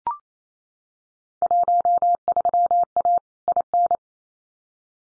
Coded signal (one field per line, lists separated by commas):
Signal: Morse code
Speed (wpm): 28 wpm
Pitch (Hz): 700 Hz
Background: none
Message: 13A IN